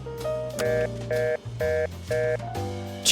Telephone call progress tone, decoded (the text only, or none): reorder tone